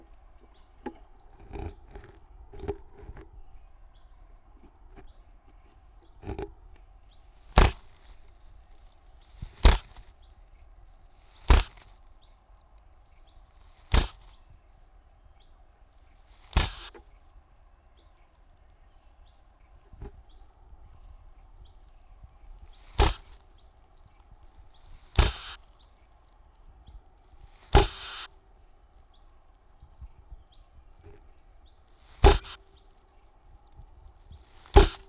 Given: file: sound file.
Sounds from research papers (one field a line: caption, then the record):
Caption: An example of a hissing display can be found in the attached video.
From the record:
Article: Behavioral snake mimicry in breeding tits